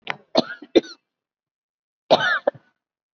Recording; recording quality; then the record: shallow voluntary cough; excellent, no background noise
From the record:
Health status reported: COVID-19 positive, mild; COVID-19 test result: positive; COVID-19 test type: RT-PCR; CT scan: not taken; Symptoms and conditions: sore throat, another condition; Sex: female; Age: 66 years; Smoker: no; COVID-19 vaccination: none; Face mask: not worn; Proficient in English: no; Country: India